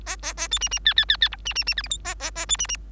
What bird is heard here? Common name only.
Bengalese Finch